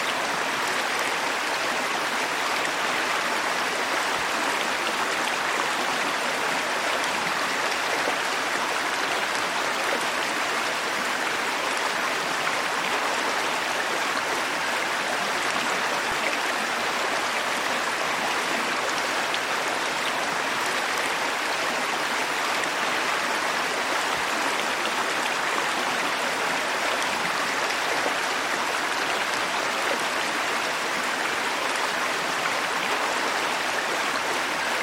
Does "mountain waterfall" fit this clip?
yes